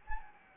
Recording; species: mosquito wingbeat signal from an infrared sensor; Anopheles gambiae